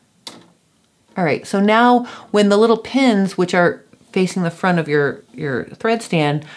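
On a Baby Lock Ovation serger, the next telescoping thread stand section is swivelled until its locking pin clicks into its hole at 0.3 s. Someone then talks. The section can no longer twist, so it is seated and installed correctly.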